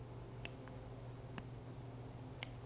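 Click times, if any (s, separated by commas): 0.5 s, 1.4 s, 2.4 s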